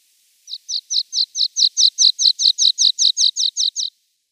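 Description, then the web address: Water Pipit song: a steady series of about fifteen high, slurred chirping notes, evenly repeated, slightly swelling then fading, with a silent background. "Schulze Peter Water Pipit song"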